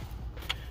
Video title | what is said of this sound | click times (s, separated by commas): 1997-2001 Honda cr-v radio removal | the front, it is going to catch and snap into place. | 0.5 s